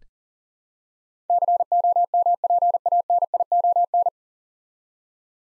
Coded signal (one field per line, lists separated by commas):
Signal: Morse code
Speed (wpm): 37 wpm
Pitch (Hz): 700 Hz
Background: none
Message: COMPANION